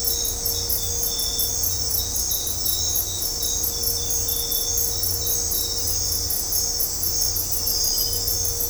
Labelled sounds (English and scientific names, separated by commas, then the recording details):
none
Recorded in dense forest near Puerto Asís, Putumayo, Colombia, on 20 December 2024 at 22:00
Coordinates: 0.503, -76.323
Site G043